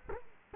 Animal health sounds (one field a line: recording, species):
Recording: mosquito wingbeat signal from an infrared sensor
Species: Culex quinquefasciatus